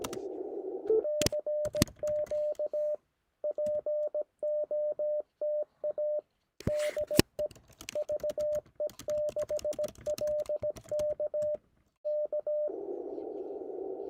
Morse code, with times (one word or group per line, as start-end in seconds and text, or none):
1.0-3.0 CQ
3.4-6.2 POTA
6.7-7.5 DE
8.0-11.6 VE6LK
12.1-12.7 K